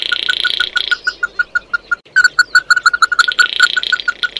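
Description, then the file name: Bird producing a fast series of short clear notes, with a continuous buzzy rasp at the start and end. "Tieng chim mat do"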